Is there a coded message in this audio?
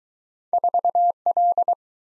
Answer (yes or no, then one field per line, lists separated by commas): yes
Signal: Morse code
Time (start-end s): 0.5-1.7 s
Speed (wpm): 22 wpm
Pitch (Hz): 700 Hz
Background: none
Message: 4L